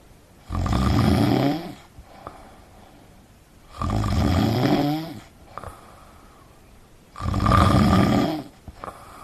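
An adult snoring: three loud, low-pitched snores at a steady pace of about 18 per minute, each lasting a little over a second, with quiet pauses between them.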